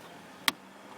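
Under the hood of a W204, the small center tack of a plastic push-pin retainer holding the air intake cover piece in the engine bay is pressed in, giving a single sharp, brief click at 0.5 s against otherwise quiet background. The retainer releases, so the cover piece can be slid forward and pulled out.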